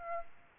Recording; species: mosquito wingbeat signal from an infrared sensor; Aedes aegypti